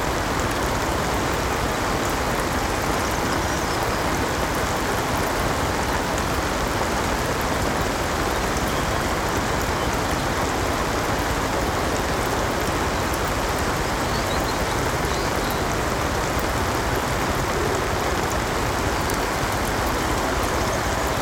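Gentle summer rain patters steadily onto the water of a city canal, a dense, even hiss of countless small drops with no pauses. A faint low rumble of traffic sits underneath, and the level stays constant throughout.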